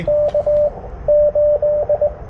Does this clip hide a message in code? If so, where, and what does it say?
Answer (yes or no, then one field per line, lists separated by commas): yes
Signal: Morse code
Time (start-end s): 0.1-2.1 s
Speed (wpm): 22 wpm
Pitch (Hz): 590 Hz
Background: radio noise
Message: K 8